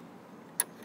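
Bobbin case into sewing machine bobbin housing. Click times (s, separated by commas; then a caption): 0.6 s. A beginner holds the latch flap of a threaded bobbin case, pushes the case into the sewing machine's bobbin area and lets go of the flap. Over a quiet, steady low background, a single sharp click sounds at 0.6 s as the bobbin case seats into place in the housing.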